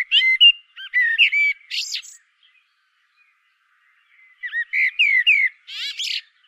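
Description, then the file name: Common blackbird song with a mellow whistled phrase ending in a rasping high twitter, then a long silence and a second similar phrase. "Turdus merula"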